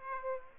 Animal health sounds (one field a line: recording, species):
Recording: mosquito wingbeat signal from an infrared sensor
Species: Aedes aegypti